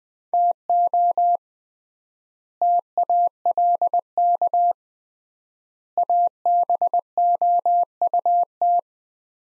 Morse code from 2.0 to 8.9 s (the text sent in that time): TALK ABOUT